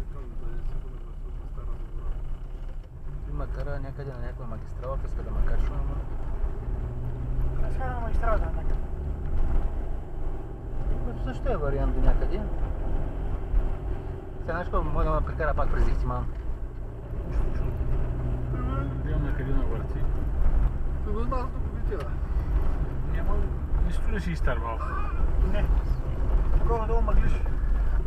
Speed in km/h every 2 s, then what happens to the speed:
17, 16, 18, 24, 29, 33, 36, 36, 33, 37, 40, 39, 38, 33.
3-12 speeds up to 36. 12-25 steady at about 37.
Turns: none.